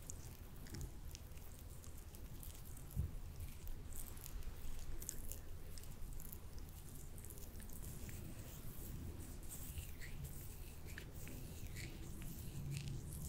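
Lotion being rubbed and worked with the hands, a steady run of soft wet squishes and pats, one sharper smack near three seconds.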